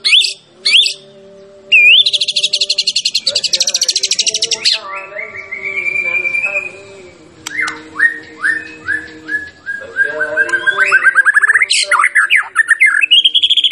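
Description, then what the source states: White-rumped shama singing a long varied phrase: high sweeping whistles, a rapid even rattle, then a run of falling whistled notes and fast ringing trills. Champion bird; master recording used to train other songbirds.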